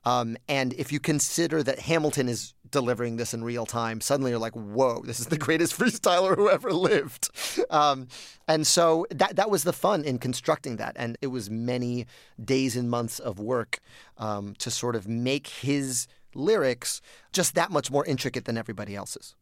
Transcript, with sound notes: And if you consider that Hamilton is delivering this in real time, suddenly you're like, whoa, this is the greatest freestyler who ever lived (laughter). And so that was the fun in constructing that. And it was many days and months of work to sort of make his lyrics just that much more intricate than everybody else's.